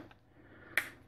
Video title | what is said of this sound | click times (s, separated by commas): Video Drone - DJI Spark Unboxing Vlog and Discussion! | that snaps in place won't fit in the bag with the prop guard so just so you know no | 0.8 s